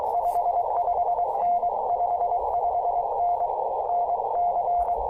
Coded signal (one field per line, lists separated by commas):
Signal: Morse code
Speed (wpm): 20 wpm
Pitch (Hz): 700 Hz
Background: radio noise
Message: 55N 55N NC